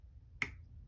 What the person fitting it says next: When you hear the screw click, that's it disengaging the threads on the other side.